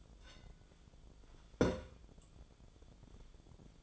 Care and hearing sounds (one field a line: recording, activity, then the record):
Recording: daily activity, microphone in the room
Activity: take from stove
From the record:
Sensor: 5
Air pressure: 1010.1 hPa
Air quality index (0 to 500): 146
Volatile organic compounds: 3 ppm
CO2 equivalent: 1422 ppm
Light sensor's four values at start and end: 256/619/266/294 and 256/621/266/295